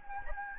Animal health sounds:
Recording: mosquito wingbeat signal from an infrared sensor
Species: Anopheles gambiae

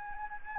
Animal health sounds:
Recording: mosquito wingbeat signal from an infrared sensor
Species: Anopheles gambiae

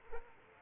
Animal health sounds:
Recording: mosquito wingbeat signal from an infrared sensor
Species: Aedes aegypti

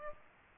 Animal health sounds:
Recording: mosquito wingbeat signal from an infrared sensor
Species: Aedes aegypti

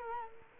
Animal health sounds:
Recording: mosquito wingbeat signal from an infrared sensor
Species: Culex quinquefasciatus

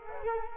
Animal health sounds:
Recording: mosquito wingbeat signal from an infrared sensor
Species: Culex quinquefasciatus

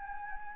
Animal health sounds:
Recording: mosquito wingbeat signal from an infrared sensor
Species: Anopheles gambiae

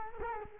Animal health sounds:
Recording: mosquito wingbeat signal from an infrared sensor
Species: Culex quinquefasciatus

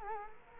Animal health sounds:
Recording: mosquito wingbeat signal from an infrared sensor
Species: Culex quinquefasciatus

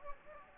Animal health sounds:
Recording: mosquito wingbeat signal from an infrared sensor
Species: Anopheles gambiae

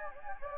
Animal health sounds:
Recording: mosquito wingbeat signal from an infrared sensor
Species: Anopheles gambiae

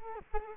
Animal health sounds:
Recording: mosquito wingbeat signal from an infrared sensor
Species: Culex quinquefasciatus

